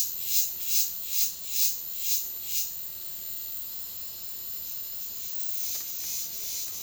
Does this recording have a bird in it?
no